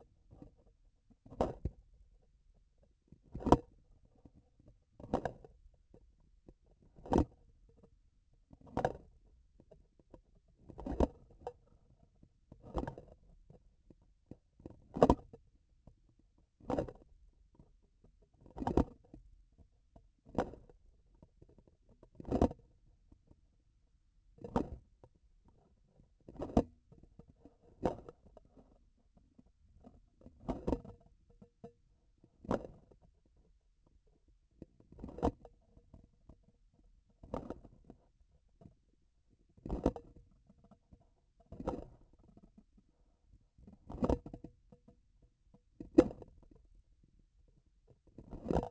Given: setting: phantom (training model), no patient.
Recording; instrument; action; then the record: laparoscopic instrument, vibration sensor on the handle end; grasping forceps; opening and closing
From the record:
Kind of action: tool actuation without material contact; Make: Olympus